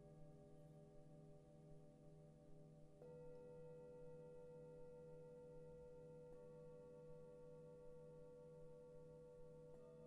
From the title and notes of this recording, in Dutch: Het is vooral een ontspannende meditatie met klankschalen en gong.